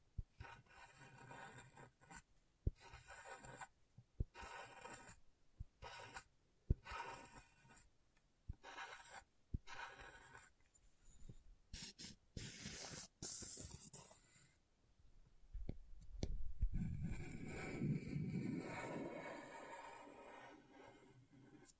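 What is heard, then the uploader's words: Scratchboard being worked with a sharp tool: short rasping scrapes and strokes come in quick bursts, broken by brief silences and sharp ticks. The scratching sounds bright and gritty through the first fifteen seconds, then turns into a longer, steadier, lower rub toward the end. ASMR Brain Tingling Scratchboard (No Talking).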